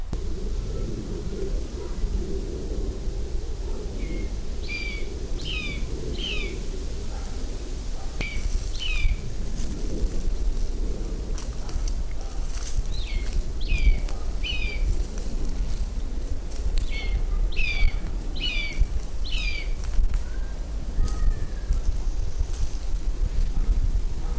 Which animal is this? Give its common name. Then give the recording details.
Common Buzzard. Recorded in the wild. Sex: diverse. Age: diverse. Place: Lübars (Fließtal), Berlin, DE. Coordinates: 52.6175, 13.3625. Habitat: forest. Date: 1998-07-26 16:33. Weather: heiter, 23°C. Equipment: Sony MD-WM MZ-R3, Sennheiser ME 80, Kopie Uher 4000 Report Monitor. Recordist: Tembrock, Günter. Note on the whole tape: Rufe flügger Jungvögel, am Waldrand sitzend mit Ortswechsel (auch Altvögel zu hören. Wäldchen, nahe der Benekendorffstraße